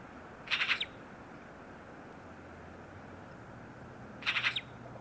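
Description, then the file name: Eurasian magpie call: two short, grating rattles of fast clacking notes, nearly four seconds apart, with low steady noise between them. "Pica pica"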